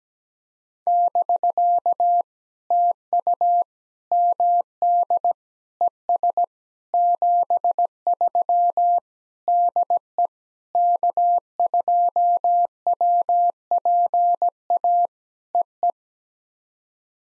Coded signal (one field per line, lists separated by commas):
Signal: Morse code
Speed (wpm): 17 wpm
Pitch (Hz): 700 Hz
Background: none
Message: <BK> TU MD ES 73 DE K2WPA EE